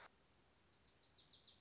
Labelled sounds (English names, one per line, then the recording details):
Wilson's Warbler
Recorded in Sonoma County, California